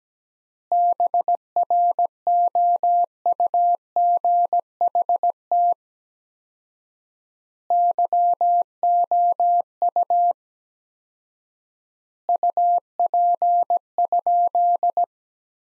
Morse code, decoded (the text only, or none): BROUGHT YOU UP?